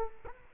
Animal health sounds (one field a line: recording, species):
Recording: mosquito wingbeat signal from an infrared sensor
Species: Culex quinquefasciatus